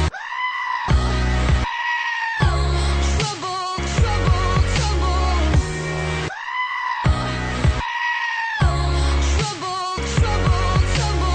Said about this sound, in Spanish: yo el que vi originalmente fue el vídeo en que sale esta cabra gritando